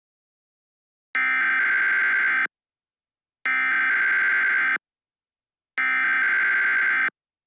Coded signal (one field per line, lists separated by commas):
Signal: Emergency Alert System (SAME) tones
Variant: header bursts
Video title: All EAS SYSTEMS Remade